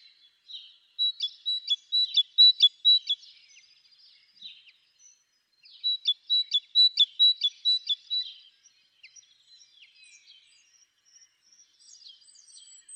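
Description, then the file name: Great tit song: bright two-note phrases repeated rapidly in two bursts separated by a pause, with faint high calls towards the end. "Parus major"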